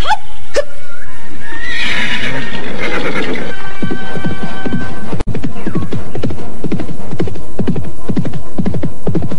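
A horse lets out a loud, wavering whinny, followed by a steady, quick rhythm of hoofbeats clip-clopping over a low background hum.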